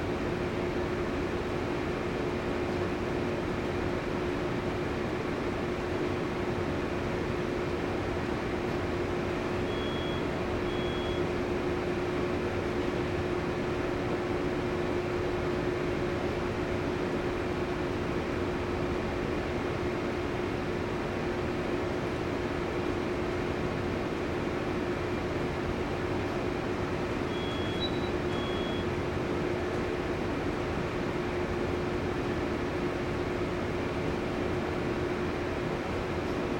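Steady machinery drone fills a cargo ship's control room, a dense low rumble with a constant midrange hum running through it and no change in level. Faint short high beeps sound twice, near ten seconds and again near twenty-eight seconds.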